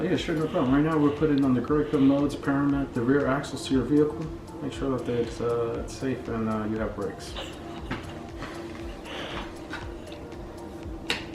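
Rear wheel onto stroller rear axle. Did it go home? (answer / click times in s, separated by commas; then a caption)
yes / 11.1 s. A rear wheel assembly is pushed onto a stroller's rear axle while someone talks over background music. The wheel locks on with a sharp click at 11.1 s, and the wheel is seated and attached.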